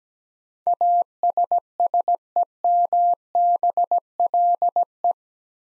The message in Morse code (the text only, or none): ASSEMBLE